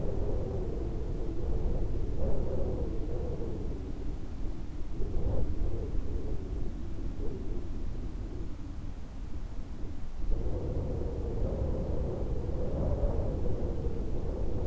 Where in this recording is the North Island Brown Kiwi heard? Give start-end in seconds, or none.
none